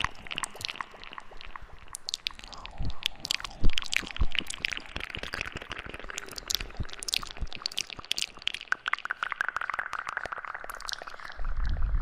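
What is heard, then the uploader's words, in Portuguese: Wet mouth sounds fill the stretch: quick clicks, smacks and squishy chewing-like noises arriving densely and irregularly, several per second. A soft smeared tail trails after them like an echo, and a low rumble rises in the final second. ASMR com sons de boca e efeito de eco.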